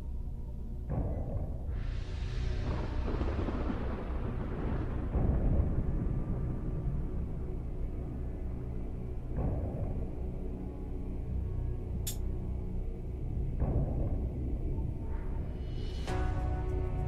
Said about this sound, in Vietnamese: Đúng lúc ấy thì đùng một tiếng, đạo thần lôi thứ nhất bổ xuống, làm cho rung chuyển cả một góc chủ điện.